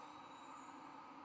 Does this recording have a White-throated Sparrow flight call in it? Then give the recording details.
no. No flight call is heard. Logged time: 02:00 on 24 November 2014